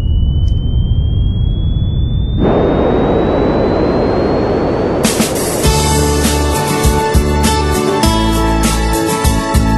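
A jet airplane engine roars with a steady high whine that slowly rises in pitch and swells louder, then a loud burst of music with heavy beats takes over.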